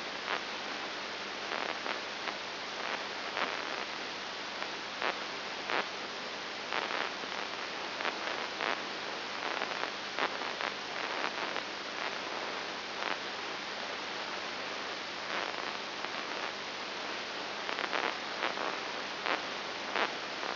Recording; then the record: brain microelectrode recording played as sound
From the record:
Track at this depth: inside the subthalamic nucleus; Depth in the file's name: 3.902 mm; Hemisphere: left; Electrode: 3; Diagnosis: Parkinson's disease